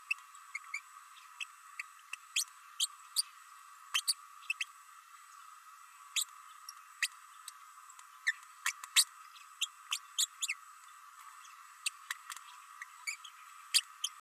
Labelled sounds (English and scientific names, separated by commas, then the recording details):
Green-rumped Parrotlet (Forpus passerinus) babbling
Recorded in a nest box in Venezuela
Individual 18B104A5